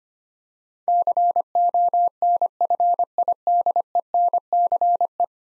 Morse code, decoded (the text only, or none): CONFIDENCE